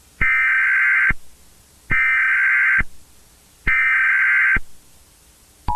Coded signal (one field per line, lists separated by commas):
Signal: Emergency Alert System (SAME) tones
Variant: header bursts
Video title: EAS scenario: Insane Mickey (EAS scenario)